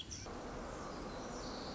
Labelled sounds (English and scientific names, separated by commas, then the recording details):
Pacific Wren (Troglodytes pacificus)
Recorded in Sonoma County, California